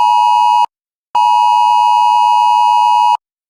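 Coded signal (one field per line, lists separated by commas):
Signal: Emergency Alert System (SAME) tones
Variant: 853 and 960 Hz attention tone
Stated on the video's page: Real flash flood warning EAS activation aired on a TV subchannel.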